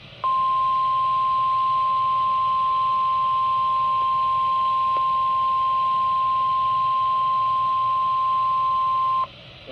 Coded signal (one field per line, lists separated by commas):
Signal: Emergency Alert System (SAME) tones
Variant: 1050 Hz attention tone